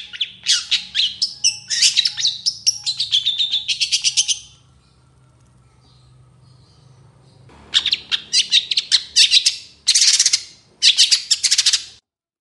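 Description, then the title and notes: Long-tailed shrike song: rapid, dense streams of sharp, buzzy high notes for four seconds, a quiet gap, then two more energetic chattering runs. Singing in the morning, with the 'toet toet' sound variation. "Cendet Gacor Dor Di Kala Pagi Toet Toet Variasi Suara. Burung cendet"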